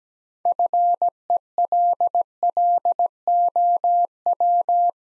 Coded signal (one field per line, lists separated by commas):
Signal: Morse code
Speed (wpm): 17 wpm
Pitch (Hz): 700 Hz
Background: none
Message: FELLOW